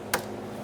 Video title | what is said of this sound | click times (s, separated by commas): How to replace Fuel Pump Module Assembly 2012-2020 Chevrolet Sonic | Push until you hear a click. | 0.1 s